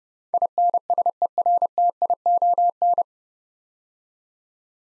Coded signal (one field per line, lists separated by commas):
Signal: Morse code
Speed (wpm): 30 wpm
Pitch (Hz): 700 Hz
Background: none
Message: INSERTION